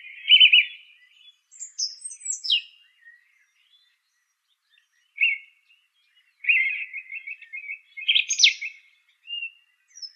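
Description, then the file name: Song thrush song: loud opening phrase, then scattered whistles and a trilled passage near the end. "suara kicauan burung song thrush. omkicau"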